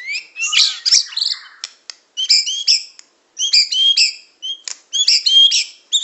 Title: Kicau Kacer